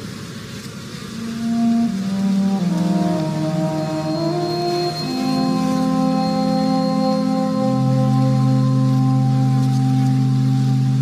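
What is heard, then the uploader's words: A bee hive hums in a dense, steady drone of overlapping low tones. The pitch of the main hum steps around at roughly 2, 3, 5 and 7.5 seconds, swelling louder after the first couple of seconds, with a faint high whine above. Bee Hive Meditation. The frequency and resonance of bees wings.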